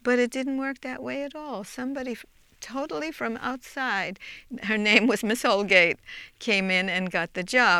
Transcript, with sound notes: But it didn't work that way at all. Somebody totally from outside, (she laughs) her name Ô was Miss Holgate, came in and got the job.